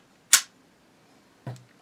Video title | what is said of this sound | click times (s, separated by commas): Special Stoeger Cougar 8000 (Beretta). Pistol with compensator. Review & field stripping | et ensuite vous devriez juste entendre un clic puis d'accord | 0.3 s